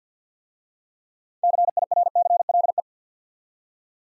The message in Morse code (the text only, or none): CIRCLE